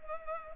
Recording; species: mosquito wingbeat signal from an infrared sensor; Culex pipiens